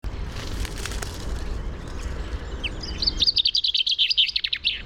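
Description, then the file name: Common chaffinch delivering a rapid burst of repeated high chipping notes in the last two seconds, after a stretch of low rumbling noise. "Fringilla coelebs"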